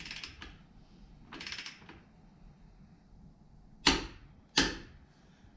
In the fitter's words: so there's the click now you check to make sure your cotter pin hole is lined up